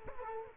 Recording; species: mosquito wingbeat signal from an infrared sensor; Culex quinquefasciatus